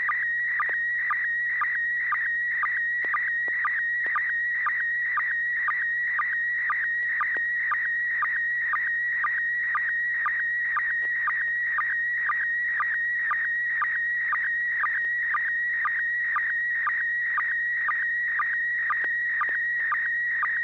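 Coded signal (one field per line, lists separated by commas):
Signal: SSTV (slow-scan television)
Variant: PD120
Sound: steady high warbling tone with short low blips about twice a second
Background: low steady hum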